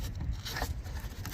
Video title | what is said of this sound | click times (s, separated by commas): How To Replace The Trunk Lid Supports On A 2004 Pontiac Grand Prix? | And then it just snaps into place. | 1.2 s